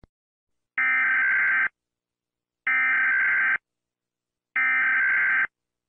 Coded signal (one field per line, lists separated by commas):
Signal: Emergency Alert System (SAME) tones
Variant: header bursts